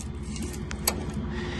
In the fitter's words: And as you can hear, there were two clicks right there.